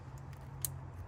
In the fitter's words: Hear the click, that means it's locking